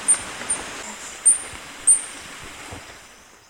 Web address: Birds of Ecuador. Ecuadorian Piedtail